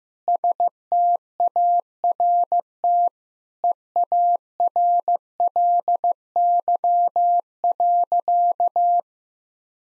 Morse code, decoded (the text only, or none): START EARLY.